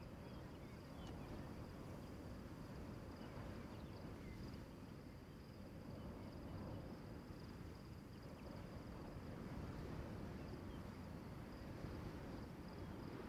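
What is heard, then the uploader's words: Prairie wind roars steadily across open ground, a dense, low buffeting rumble with little letup. A thin, constant high whine runs faintly above it throughout, and the gusts swell slightly louder near the end. Immerse yourself in the sound of prairie wind as heard in 'Doig Country' east of Dupuyer. This is an ambient recording of the wind sweeping along the Rocky Mountain Front. The recording was made by Jeff Rice for the Acoustic Atlas at Montana State University.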